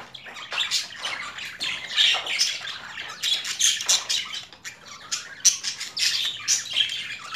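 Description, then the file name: Budgerigar calls, raspy squawks and twittering chirps tumbling over one another without a break. Female budgerigar; mixed sounds. "Karisik Sesler Disi Muhabbet Kusu Sesi"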